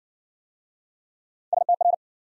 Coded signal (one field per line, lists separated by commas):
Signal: Morse code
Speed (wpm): 54 wpm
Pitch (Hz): 700 Hz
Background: none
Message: STR